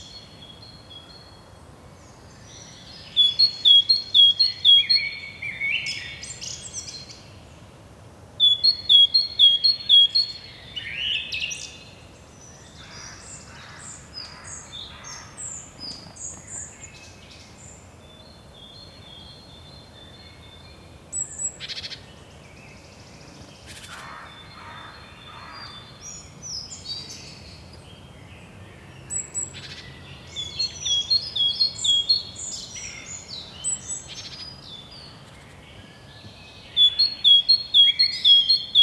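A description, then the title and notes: Morning birds call and sing over a low, steady hum. Bright, rapid trilling bursts come at about 3, 8, 30 and 37 seconds, with softer chirps and twitters scattered between them. Morning Birdies.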